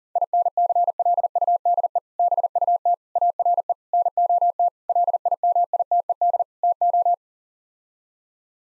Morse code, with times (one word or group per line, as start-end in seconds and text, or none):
0.2-2.0 INCLUDE
2.2-2.9 BUT
3.2-3.7 ARE
3.9-4.7 NOT
4.9-6.4 LIMITED
6.6-7.1 TO